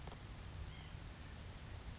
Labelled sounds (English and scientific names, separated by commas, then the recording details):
White-breasted Nuthatch (Sitta carolinensis)
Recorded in Sonoma County, California